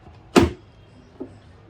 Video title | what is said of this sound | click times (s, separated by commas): “Memu Dosa Vesetapudu Maa Thippalu 🤦‍♂️😂 Alage Oka Chutney Cheyadaniki Enno Kastalu 😭🥣🤣” | మళ్ళీ lock అవ్వట్లేదు. | none